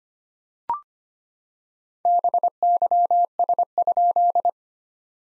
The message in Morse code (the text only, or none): BYS?